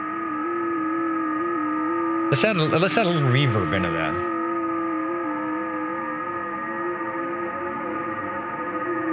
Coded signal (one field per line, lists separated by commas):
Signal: FT8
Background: speech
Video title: The Old Tube Radio Network LIVE July 24, 2021